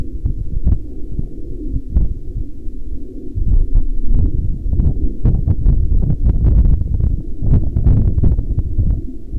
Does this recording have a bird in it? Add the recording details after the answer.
no. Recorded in the Prudhoe Bay oil fields, Alaska, on 3 August 2019 at 01:55. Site 19